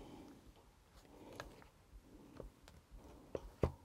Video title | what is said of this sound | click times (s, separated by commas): RV Bedroom Fan | we go you actually hear it snap this | 3.6 s